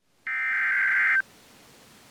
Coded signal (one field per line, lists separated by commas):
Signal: Emergency Alert System (SAME) tones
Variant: header bursts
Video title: 13 Emergency Alert System captures from February 27th, 2024 (TOR x8! SVR x4, SMW x1)